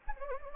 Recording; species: mosquito wingbeat signal from an infrared sensor; Anopheles gambiae